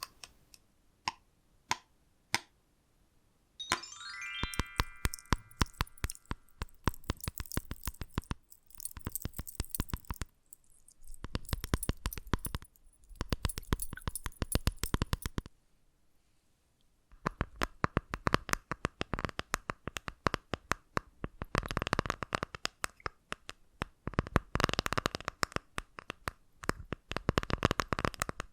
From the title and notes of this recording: Invisible Tapping, Scratching, Tracing (No Talking).